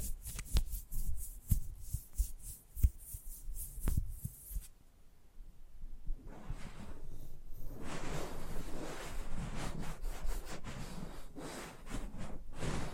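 ASMR mic treatment: sharp repeated taps and rubs for five seconds, a brief hush, then steady scratchy brushing and rubbing to the end.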